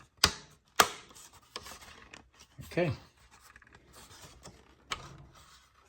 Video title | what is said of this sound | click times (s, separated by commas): ⚡️2015-2020 F150 “Mesh Replacement switch panel install and comparison of the NEW “V2” switch panel. | but let's snap this up into place here now | 0.2 s, 0.8 s